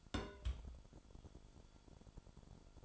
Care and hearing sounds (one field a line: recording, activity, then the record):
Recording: daily activity, microphone in the room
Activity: place on stove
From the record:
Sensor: 5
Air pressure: 1008.2 hPa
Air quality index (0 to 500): 119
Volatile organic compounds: 1 ppm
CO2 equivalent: 916 ppm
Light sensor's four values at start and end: 29/61/27/28 and 30/62/27/28